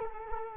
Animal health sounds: mosquito wingbeat signal from an infrared sensor; Culex quinquefasciatus

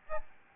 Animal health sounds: mosquito wingbeat signal from an infrared sensor; Aedes albopictus

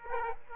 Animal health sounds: mosquito wingbeat signal from an infrared sensor; Aedes aegypti

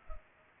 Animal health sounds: mosquito wingbeat signal from an infrared sensor; Culex pipiens

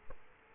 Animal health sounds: mosquito wingbeat signal from an infrared sensor; Culex quinquefasciatus

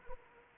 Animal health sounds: mosquito wingbeat signal from an infrared sensor; Anopheles arabiensis

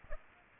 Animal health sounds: mosquito wingbeat signal from an infrared sensor; Aedes aegypti

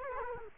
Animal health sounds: mosquito wingbeat signal from an infrared sensor; Culex quinquefasciatus

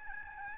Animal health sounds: mosquito wingbeat signal from an infrared sensor; Aedes albopictus

